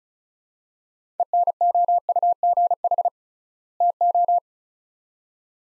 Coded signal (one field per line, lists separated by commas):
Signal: Morse code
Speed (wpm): 34 wpm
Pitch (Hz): 700 Hz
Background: none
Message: ENOUGH TO